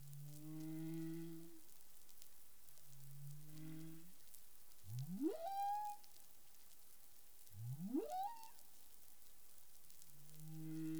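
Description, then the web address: Humpback whale calls: low harmonic moans alternate with two steep upsweeps rising to a held tone, then more low moans. Caribbean, 19 April 2021, 08:14 UTC. "CARIMAM clean data humpback whale"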